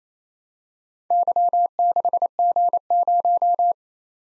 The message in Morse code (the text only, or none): Y6G0